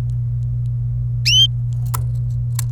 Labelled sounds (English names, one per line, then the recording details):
Domestic Canary song
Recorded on 27 April 2018 at 15:31
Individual llb3